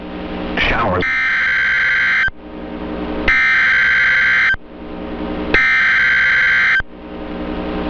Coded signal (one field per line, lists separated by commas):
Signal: Emergency Alert System (SAME) tones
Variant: header bursts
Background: speech